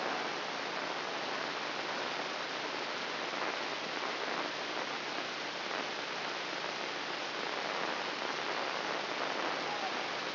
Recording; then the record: brain microelectrode recording played as sound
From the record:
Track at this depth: inside the subthalamic nucleus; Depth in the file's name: 4.107 mm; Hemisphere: left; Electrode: 2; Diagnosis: Parkinson's disease